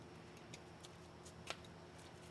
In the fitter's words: you hear that nice click very cool